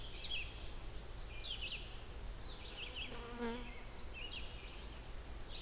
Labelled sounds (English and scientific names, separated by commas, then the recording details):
Red-eyed Vireo (Vireo olivaceus) song
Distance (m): 70 m
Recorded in boreal forest in Alberta, Canada, on 16 June 2016 at 08:45
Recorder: SongMeter 3, array SBT-3-32
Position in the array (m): 49 m, 10 m